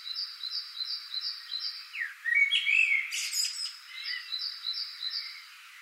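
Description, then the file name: Common blackbird with a short sliding fluty phrase topped by high scratchy notes, set against a rapid, regular series of high two-part calls from another bird. "Turdus merula"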